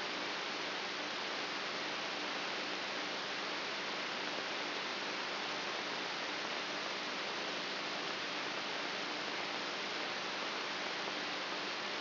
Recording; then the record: brain microelectrode recording played as sound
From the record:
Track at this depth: inside the subthalamic nucleus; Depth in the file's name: 4.44 mm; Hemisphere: right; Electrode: 3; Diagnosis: Parkinson's disease